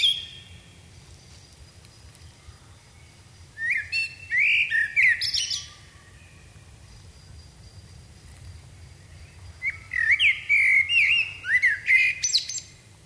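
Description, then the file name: Common blackbird song: two separate phrases of whistled notes and high, squeaky twittering, with a quiet gap between them. "Turdus merula"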